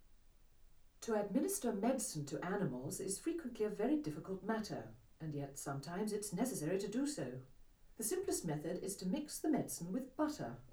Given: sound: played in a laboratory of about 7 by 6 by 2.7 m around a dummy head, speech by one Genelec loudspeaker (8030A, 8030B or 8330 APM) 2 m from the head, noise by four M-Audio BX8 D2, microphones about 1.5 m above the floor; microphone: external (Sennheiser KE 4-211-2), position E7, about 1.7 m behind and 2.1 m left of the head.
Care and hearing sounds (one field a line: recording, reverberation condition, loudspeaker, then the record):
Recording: female speech in English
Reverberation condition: low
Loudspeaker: 60 degrees to the right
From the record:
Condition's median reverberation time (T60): about 310 ms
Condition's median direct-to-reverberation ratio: about 3.5 dB